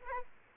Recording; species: mosquito wingbeat signal from an infrared sensor; Aedes aegypti